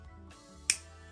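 A one-handed Veiko quick clamp is worked to show its snap/ratchet mechanism, with a single sharp, loud click at 0.7 s over a quiet background. The click is the mechanism snapping and locking the clamp jaw, which then stays very tight.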